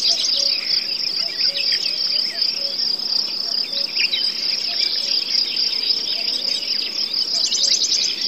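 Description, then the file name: Crickets and forest birds: continuous high cricket trilling with scattered bird chirps and warbles, and soft low hooting notes repeating beneath. Forest soundscape with birds, cuckoos and crickets. "les ptici kukushki sverchki zhuzhzhanie muhi"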